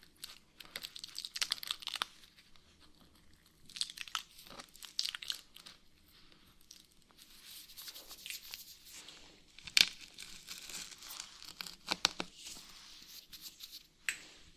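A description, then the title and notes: Scratching comes in dry, crinkly bursts of bright rasping strokes, uneven and clustered, with sharper clicks near ten, twelve and fourteen seconds. ASMR Brain Melting Scratching (No Talking).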